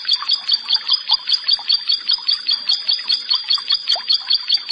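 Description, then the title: Prinia singing a steady, high, gurgling series of paired notes repeated regularly, roughly two or three each second. "Ciblek Sawah"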